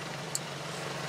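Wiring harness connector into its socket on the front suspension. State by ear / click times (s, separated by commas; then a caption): seated / 0.4 s. During front hub reassembly on a 2009 Toyota Tacoma 4WD, a sensor wiring harness connector is pushed into its socket on the front suspension. A single sharp click is heard at 0.4 s over a steady low hum, and the connector is seated.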